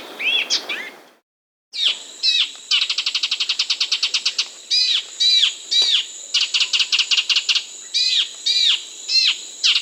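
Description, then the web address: Half-collared Gnatwren calls: fast, even rattles of short clicks alternating with sharp, downslurred chirps in irregular bursts, over a steady high-pitched whine. South America, Andes. "Natures Songs S America Andean Birds. Half-Collared Gnatwren (Microbates Cinereiventris)"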